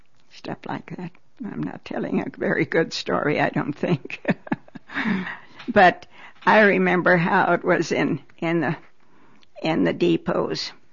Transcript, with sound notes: stuff like that. I'm not telling a very good story I don't think. (She laughs.) But I remember how it was in the depots.